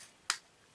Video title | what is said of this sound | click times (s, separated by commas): LEGO STAR WARS: 75286 - General Grievous's Starfighter and Star Wars Chat! #1 | there you go i had a nice click | 0.3 s